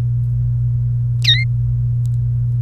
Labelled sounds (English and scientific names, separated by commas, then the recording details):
Domestic Canary (Serinus canaria) song
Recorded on 28 April 2018 at 17:25
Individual llb3